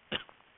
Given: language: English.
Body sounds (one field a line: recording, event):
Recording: throat vibration sensor signal played as sound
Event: cough